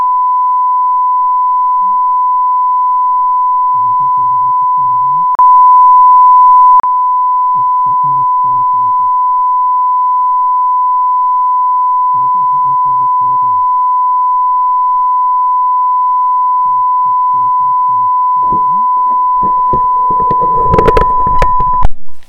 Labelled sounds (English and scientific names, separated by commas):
Spotted Crake (Porzana porzana) song